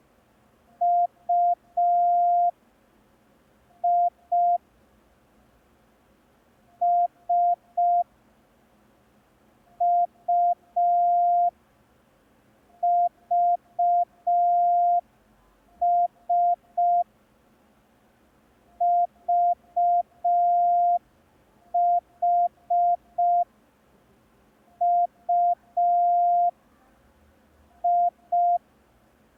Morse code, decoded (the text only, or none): UI S UVS VHUI